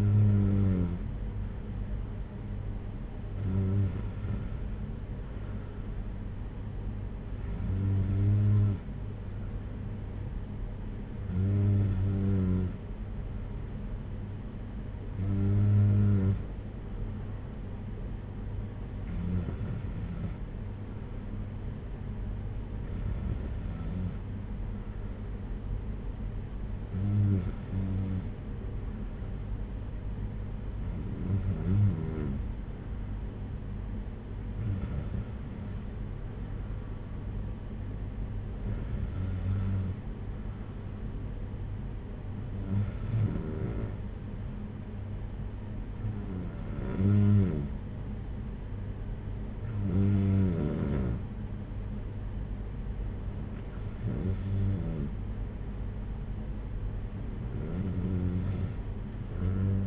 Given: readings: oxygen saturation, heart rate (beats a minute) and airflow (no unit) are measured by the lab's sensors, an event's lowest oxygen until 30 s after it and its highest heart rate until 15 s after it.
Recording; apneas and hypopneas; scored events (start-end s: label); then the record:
breathing in sleep by a smartphone at the bedside; none
40.00-59.87 s: new sleep stage, N1 (lightest sleep)
From the record:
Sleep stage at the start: N2 (light sleep); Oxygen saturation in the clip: 93 to 94%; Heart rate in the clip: 56 to 61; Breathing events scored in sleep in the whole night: 226 in 8.8 hours asleep